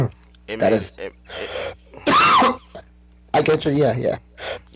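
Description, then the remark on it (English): A single sharp, loud sneeze bursts out in the middle of casual conversation, with people talking just before and after it. “Bless you.”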